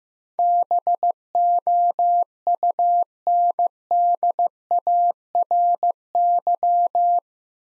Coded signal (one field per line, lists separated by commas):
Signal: Morse code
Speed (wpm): 16 wpm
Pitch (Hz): 700 Hz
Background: none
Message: BOUNDARY